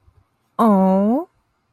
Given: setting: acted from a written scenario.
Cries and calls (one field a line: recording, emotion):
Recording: vocal sound without words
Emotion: adoration